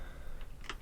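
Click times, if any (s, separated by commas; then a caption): none. A replacement plastic LED light module is being pressed by hand at its corners into its mount in a KitchenAid refrigerator ceiling. A low, steady background is heard, with a faint tick near 0.4 s and a short, sharp tick at 0.7 s. Nothing has seated or clicked into place yet.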